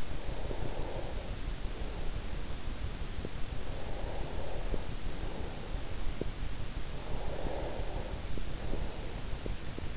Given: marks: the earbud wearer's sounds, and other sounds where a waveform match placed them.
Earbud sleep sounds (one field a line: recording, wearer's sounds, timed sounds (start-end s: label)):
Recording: sounds in sleep by an in-ear microphone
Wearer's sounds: breath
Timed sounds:
0.00-2.90 s: breath
3.54-6.07 s: breath
6.96-9.55 s: breath